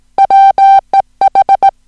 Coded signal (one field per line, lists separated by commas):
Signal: Morse code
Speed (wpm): 18 wpm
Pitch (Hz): 780 Hz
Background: music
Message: WEH